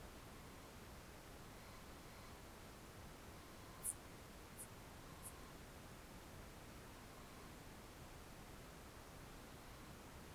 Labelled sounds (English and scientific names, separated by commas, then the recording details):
Morepork (Ninox novaeseelandiae) trill
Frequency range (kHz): Morepork (Ninox novaeseelandiae) 0.7-5.9 kHz
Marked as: faintness 5/5
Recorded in New Zealand on 1 June 2017
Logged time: 19:46
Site Taranaki